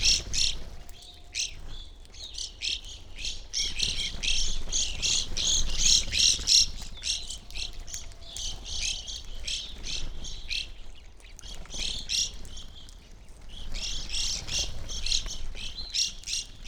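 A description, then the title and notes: A flock of Evening Grosbeaks feeds at a backyard feeder, their bright, clipped calls and squawks overlapping almost without pause. The chatter swells and thins in waves, with brief lulls near two and eleven seconds. A faint low rumble runs underneath. Busy Backyard Bird Feeder. I recorded this at my home in the small town of McCloud in Siskiyou County, California. It was a relatively warm winter morning, and a flock of Evening Grosbeaks was busily eating a breakfast of sunflower seeds from a feeder hanging from the branch of a birch tree in my backyard.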